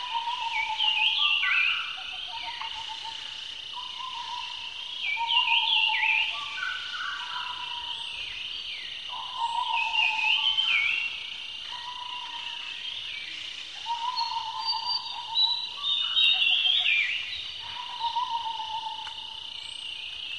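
Birdsong fills a forest morning, with a steady high trill or insect-like buzz running underneath throughout. Lower, mellow whistled phrases come in repeated bursts every few seconds, overlapping brighter chirps and warbles, while the low end stays quiet.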